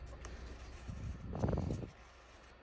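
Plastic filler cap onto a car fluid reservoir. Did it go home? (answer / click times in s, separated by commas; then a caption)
no / none. A plastic filler cap is handled on an engine-bay fluid reservoir (coolant or screen wash) of a 2012 VW Polo after the fluid levels are checked. Over a low background rumble there is a sharp tick at 0.3 s, then a burst of plastic rattling and scraping from about 0.9 to 1.9 s with quick ticks near 1.4–1.6 s, before it falls quiet. The cap has not yet clicked shut or seated.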